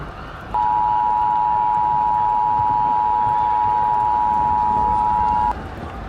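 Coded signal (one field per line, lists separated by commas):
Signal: Emergency Alert System (SAME) tones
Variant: 853 and 960 Hz attention tone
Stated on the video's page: Fictional EAS scenario, not a real alert.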